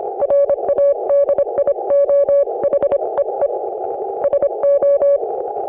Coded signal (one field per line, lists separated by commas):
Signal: Morse code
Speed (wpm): 26 wpm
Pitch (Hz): 560 Hz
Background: none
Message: RADIO HEE SO